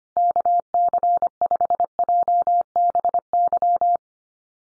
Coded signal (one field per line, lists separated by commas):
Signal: Morse code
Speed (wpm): 25 wpm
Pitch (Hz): 700 Hz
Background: none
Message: KC5JBY